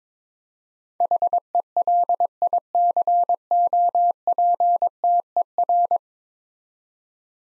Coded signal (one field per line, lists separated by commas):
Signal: Morse code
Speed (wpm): 22 wpm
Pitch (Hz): 700 Hz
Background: none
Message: HELICOPTER